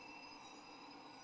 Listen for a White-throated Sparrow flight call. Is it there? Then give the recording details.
no. No flight call is heard. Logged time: 01:47 on 25 November 2014